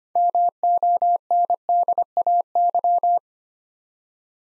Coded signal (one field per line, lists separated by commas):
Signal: Morse code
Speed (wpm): 25 wpm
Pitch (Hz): 700 Hz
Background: none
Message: MONDAY